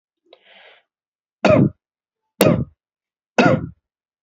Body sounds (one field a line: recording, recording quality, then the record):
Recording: shallow voluntary cough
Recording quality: excellent, no background noise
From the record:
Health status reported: healthy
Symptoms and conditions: none ticked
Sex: male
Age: 27 years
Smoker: not ticked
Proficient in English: yes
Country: India